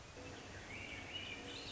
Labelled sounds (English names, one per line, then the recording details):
Swainson's Thrush
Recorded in Sonoma County, California